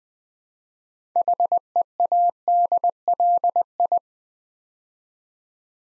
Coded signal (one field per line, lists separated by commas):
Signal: Morse code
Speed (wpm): 20 wpm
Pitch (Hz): 700 Hz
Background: none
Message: HEADLI